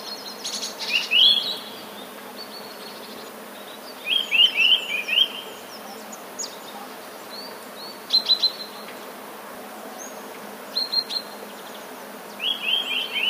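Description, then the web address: Eurasian nuthatch calls: repeated bursts of sharp, bright chirps every few seconds, mixed with thin high call notes. Recorded on 13 January 2019. "wroblowe kolekcja kowalik 13 01 2019"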